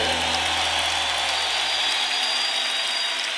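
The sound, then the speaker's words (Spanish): Steady, dense applause from a crowd giving an ovation to the king, a continuous crackle of many hands clapping at an even, fairly loud level throughout, with no voices. “Fuerte ese aplauso.”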